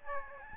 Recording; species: mosquito wingbeat signal from an infrared sensor; Aedes albopictus